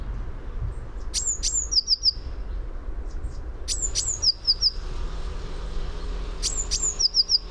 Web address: fugl b-mejse